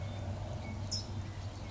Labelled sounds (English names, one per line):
California Towhee